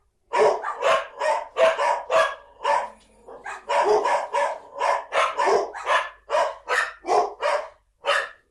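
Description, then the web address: Dog barking in a fast run of many sharp barks, some coming in quick pairs, with brief pauses between. Dog barks used as a ringtone. "ringsignaler hundar"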